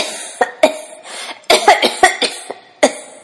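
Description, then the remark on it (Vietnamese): A violent, choking coughing fit from a dying woman with a knife wound and a gunshot wound to the belly: a rapid series of harsh, wet coughs bursting out in irregular clusters, loud and strained, with brief gasping pauses between spasms. “Cơn ho sặc sụa các câu nói”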